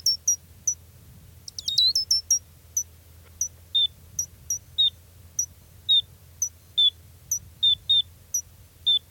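Gray's lark calls: high thin chips and brief downslurred notes, with one rapid twittered burst, spaced irregularly over a low steady hum.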